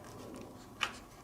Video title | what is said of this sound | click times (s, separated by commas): Xiao Bai Ma Cessna-182 3CH EPP 436mm Wingspan RTF from Banggood - Part 1: Unboxing and Maiden Flight | into this slot from the top and then just click in place | 0.8 s